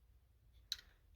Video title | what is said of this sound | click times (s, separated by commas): Transformers Studio Series SS-04 Ratchet Review! | there we go it clicks into place | 0.7 s